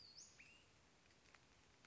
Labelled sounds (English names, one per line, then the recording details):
Western Flycatcher
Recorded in Sonoma County, California